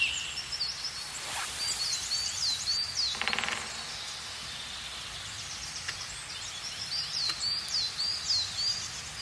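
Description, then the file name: Eurasian nuthatch calls: bursts of short, high, downslurred notes given in quick runs, with a brief buzzy rattle in the middle and steady background hiss. "Sitta europaea"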